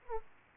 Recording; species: mosquito wingbeat signal from an infrared sensor; Aedes aegypti